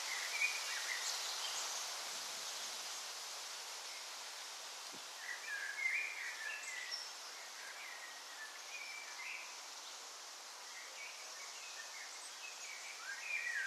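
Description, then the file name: Bird chirps in scattered bursts of quick wavering whistles, busiest around six and twelve seconds, against constant hiss and a single low thump. Recorded on a balcony during a thunderstorm, June 7 2011. "June 7 2011 birds balcony clean With Thunderstorm"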